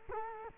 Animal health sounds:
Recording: mosquito wingbeat signal from an infrared sensor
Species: Culex quinquefasciatus

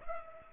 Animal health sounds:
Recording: mosquito wingbeat signal from an infrared sensor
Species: Culex pipiens

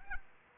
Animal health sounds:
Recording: mosquito wingbeat signal from an infrared sensor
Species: Anopheles arabiensis

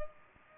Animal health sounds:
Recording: mosquito wingbeat signal from an infrared sensor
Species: Culex pipiens

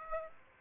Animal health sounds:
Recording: mosquito wingbeat signal from an infrared sensor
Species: Aedes aegypti

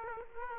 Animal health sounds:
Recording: mosquito wingbeat signal from an infrared sensor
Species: Aedes aegypti

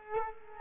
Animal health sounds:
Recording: mosquito wingbeat signal from an infrared sensor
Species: Culex quinquefasciatus

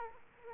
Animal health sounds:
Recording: mosquito wingbeat signal from an infrared sensor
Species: Culex quinquefasciatus

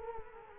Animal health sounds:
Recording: mosquito wingbeat signal from an infrared sensor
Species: Culex quinquefasciatus

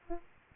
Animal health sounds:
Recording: mosquito wingbeat signal from an infrared sensor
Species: Aedes aegypti

